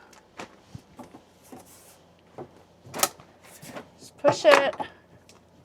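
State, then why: Not seated. A movable bunk or closet panel in a luxury RV bunk room is pushed by hand while the bunk room is converted back into a closet. Someone talks over soft knocks and shuffling handling sounds, with the sharpest knock at about 3.0 s. The panel has not locked into place yet; nothing has seated or clicked.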